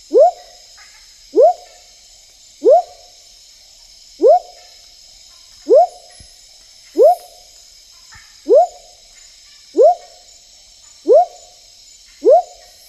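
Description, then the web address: Smoky jungle frog calling with ten sharp, upswept whoops at an even pace, roughly one every 1.3 seconds, against a constant high background hum. Recorded in the Ecuadorian Amazon. "Natures Songs. Frogs of Ecuadorian Amazon Leptodactylus pentadactylus"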